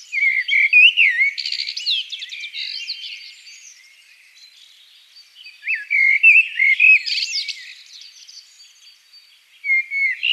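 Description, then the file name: Common blackbird singing three whistled, warbling phrases separated by quieter gaps, each with thin high squeaky twitters. "Turdus merula"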